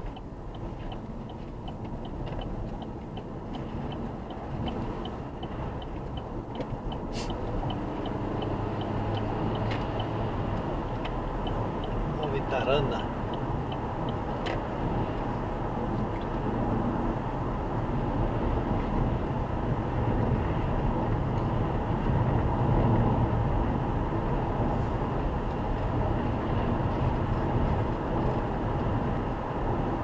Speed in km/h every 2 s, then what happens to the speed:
63, 65, 70, 77, 87, 91, 93, 93, 93, 92, 93, 94, 94, 94, 94.
0-9 speeds up to 91. 9-30 steady at about 93.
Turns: none.